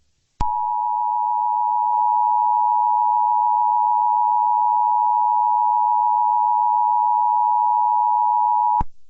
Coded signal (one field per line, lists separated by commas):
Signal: Emergency Alert System (SAME) tones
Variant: 853 and 960 Hz attention tone